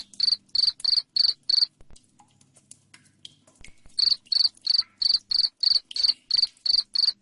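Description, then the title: Cricket giving sharp high chirps in quick succession, falling silent for about two seconds, then chirping steadily again to the end. Loud chirping cricket, played to make lovebirds keep singing. "Suara JANGKRIK NGERIK Keras Bikin LOVEBIRD Jadi NGEKEK Terus Vubey"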